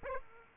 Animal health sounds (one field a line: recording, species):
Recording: mosquito wingbeat signal from an infrared sensor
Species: Aedes aegypti